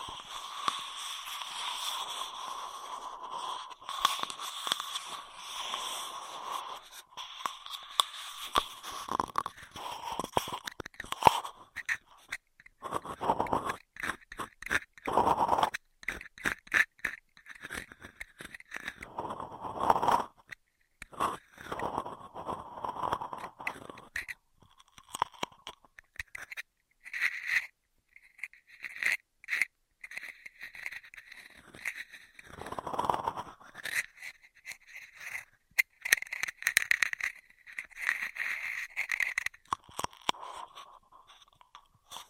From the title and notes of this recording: ASMR Beat Your Immunity with Intense Straw Triggers (No Talking).